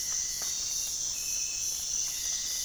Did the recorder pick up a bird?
no